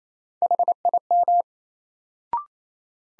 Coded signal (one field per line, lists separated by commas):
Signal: Morse code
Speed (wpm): 27 wpm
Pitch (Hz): 700 Hz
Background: none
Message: HIM